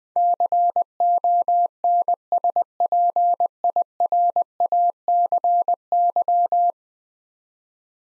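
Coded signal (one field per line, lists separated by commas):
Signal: Morse code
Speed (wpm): 20 wpm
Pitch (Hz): 700 Hz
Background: none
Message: CONSPIRACY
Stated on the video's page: Head-copy drill of ten-letter words at 20 wpm; each word is sent, then spoken, then sent again.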